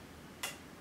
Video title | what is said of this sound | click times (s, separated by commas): Oneida Phoenix Short : How To Setup A New Oneida Bow & What To Look For | listen at that click if it | 0.4 s